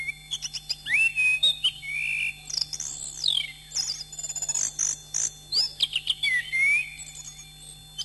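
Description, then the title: Thrush delivering loud whistled phrases with swooping slurs, separated by short pauses and bursts of scratchy chatter, with a constant low hum. "Suara Burung Anis"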